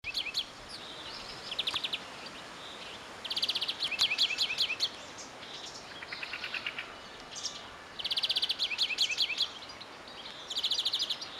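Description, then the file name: European greenfinch giving rapid high trilled bursts, some with quick dipping notes, repeated several times over a steady background hiss. "Chloris chloris"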